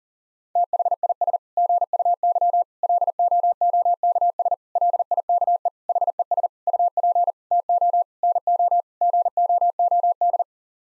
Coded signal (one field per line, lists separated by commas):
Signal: Morse code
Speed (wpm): 40 wpm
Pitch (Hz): 700 Hz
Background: none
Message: THIS GUY LOOKS LIKE HES UP TO NO GOOD